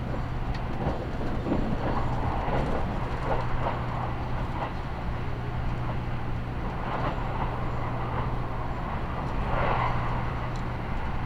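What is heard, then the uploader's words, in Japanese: Aboard the Nagasaki Main Line limited express Midori No. 16 from Saga toward Tosu, a constant low rumble and steady hum fill the whole stretch. Soft knocks and brief brighter rattles break through every second or so, with a slightly louder swell near ten seconds. 長崎本線 佐賀→鳥栖 特急みどり16号。車内は6割くらいの乗車率でした。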